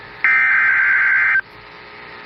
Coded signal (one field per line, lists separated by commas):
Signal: Emergency Alert System (SAME) tones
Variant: header bursts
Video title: Eas Fwd svr on KEC55 Eas#1972